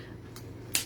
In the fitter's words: make sure you hear that snap when you put that away.